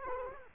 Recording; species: mosquito wingbeat signal from an infrared sensor; Culex quinquefasciatus